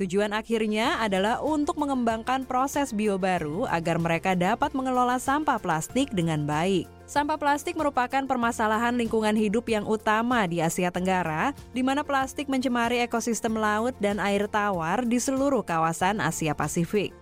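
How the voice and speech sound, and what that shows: A woman narrates fluently in Indonesian over soft background music, with clear, ordinary speech.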